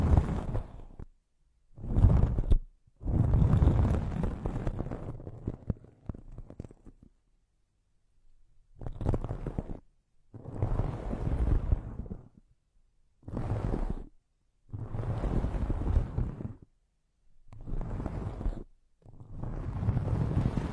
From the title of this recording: Massage the ears with plants, make circles around your ears